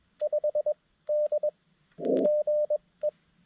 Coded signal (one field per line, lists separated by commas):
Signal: Morse code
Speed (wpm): 21 wpm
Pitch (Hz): 590 Hz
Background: radio noise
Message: 5 D GE